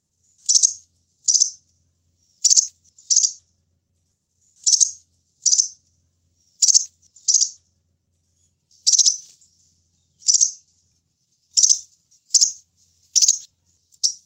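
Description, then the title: Sunbird chirping: sharp, very high chips, single or in quick pairs, spaced irregularly throughout with silence between. "kicau kolibri"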